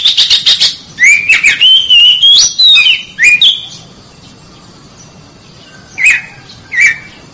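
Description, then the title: Oriental magpie-robin song: a rapid buzzy chatter, then a long sweet whistled phrase rising and wavering, followed by two short clear whistles after a pause. Champion competition bird. "Kicau Burung Kacer Juara"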